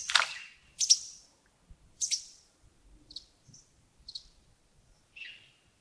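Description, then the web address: Bird chirps, a few loud sharp notes at first, then softer, thinner chirps spaced out across the rest. Wild birds recorded early in the morning at Yagongding (亚公顶) on 28 December 2025, around 07:40. "2025-12-28 亚公顶清晨 251228 074040 birds"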